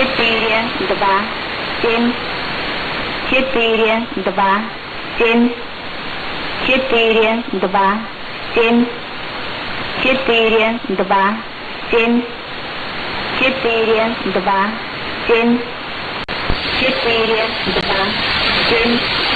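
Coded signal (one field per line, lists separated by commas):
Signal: numbers station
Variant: S06s, Russian female voice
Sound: a woman's voice reading short evenly spaced Russian number words over radio hiss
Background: radio static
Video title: 10 07 2018 S06s Russian Lady numbers station in Russian to Eu 0740 on 11655 unknown tx site USB+AM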